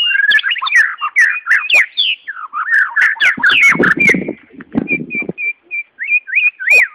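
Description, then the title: White-rumped shama singing a fast jumble of whistles and harsh notes, ending with a run of clear repeated whistled notes. "murai batu"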